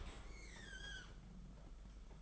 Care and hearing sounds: daily activity, microphone in the room; open dishwasher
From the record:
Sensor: 5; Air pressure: 991.5 hPa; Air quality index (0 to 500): 111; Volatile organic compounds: 28 ppm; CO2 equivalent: 2923 ppm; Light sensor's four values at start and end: 38/122/46/50 and 38/122/46/50

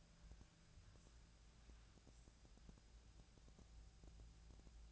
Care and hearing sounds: daily activity, microphone in the room; wipe stove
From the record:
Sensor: 2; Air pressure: 1000.4 hPa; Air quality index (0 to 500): 176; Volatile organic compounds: 3 ppm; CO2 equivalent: 1462 ppm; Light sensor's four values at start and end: 10/23/10/10 and 10/23/10/10

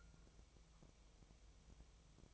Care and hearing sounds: daily activity, microphone in the room; take from stove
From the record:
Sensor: 1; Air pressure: 999.3 hPa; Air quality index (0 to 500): 202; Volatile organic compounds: 44 ppm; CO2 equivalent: 3205 ppm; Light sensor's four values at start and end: 9/22/8/9 and 9/22/8/9

